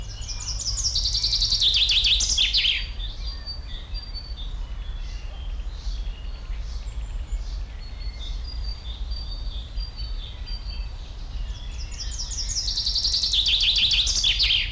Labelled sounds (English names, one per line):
Common Chaffinch